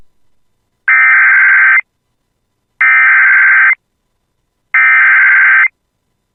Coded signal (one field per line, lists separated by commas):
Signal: Emergency Alert System (SAME) tones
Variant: header bursts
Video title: [EAS] Flash Flood Warning for City of Bemidji (3” of rain in 1 hr) (7/23/2025)